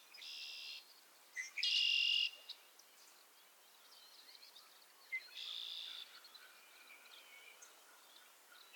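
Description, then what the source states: Frogs calling: a few loud, grating trills under a second long stand out against a soft, continuous chorus with faint chirps. Chorus of frogs calling to one another on a summer evening at Miners Marsh, Annapolis Valley, Nova Scotia.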